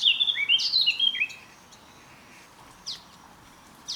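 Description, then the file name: Eurasian blackcap giving a short, rich warbled phrase with high notes, followed by two sharp, short notes about a second apart. "Sylvia atricapilla"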